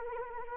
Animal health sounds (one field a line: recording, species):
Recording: mosquito wingbeat signal from an infrared sensor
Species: Anopheles arabiensis